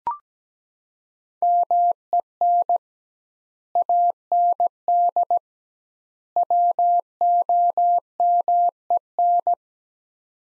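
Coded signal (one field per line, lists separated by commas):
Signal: Morse code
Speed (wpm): 17 wpm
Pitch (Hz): 700 Hz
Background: none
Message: MEN AND WOMEN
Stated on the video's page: Morse practice at 17 wpm, sets of three words with double word spacing, a Farnsworth-like method for head-copying phrases.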